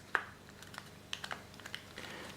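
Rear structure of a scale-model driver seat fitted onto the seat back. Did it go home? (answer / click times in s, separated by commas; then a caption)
yes / 0.1 s. The plastic rear structure of a scale-model car's driver seat is pressed onto the back of the seat, over its holes, until a small clip is heard. A sharp click comes at 0.1 s, and the structure is seated in place. Quieter taps and clicks follow at 0.8, 1.1, 1.2, 1.3 and 1.7 s.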